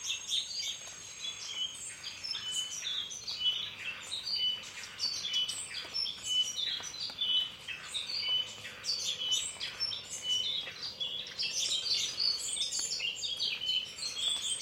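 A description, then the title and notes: A dense dawn chorus fills a montane rainforest, many birds chirping and whistling at once in bright, overlapping calls that never pause. Several singers stand out while others blend into a wash. Beneath them lies a soft, low forest hum. Lush dawn choruses. Plenty of humid forest ambience. Immersive ambiences recorded in Ethiopia's montane rainforests.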